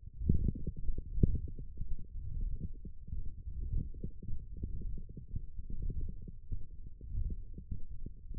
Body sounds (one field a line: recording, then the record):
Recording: forearm muscle sounds (acoustic myography)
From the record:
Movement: ulnar deviation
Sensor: system 1, eight BSWA MPA416 microphones around the upper forearm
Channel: 2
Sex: male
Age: 23 years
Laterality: right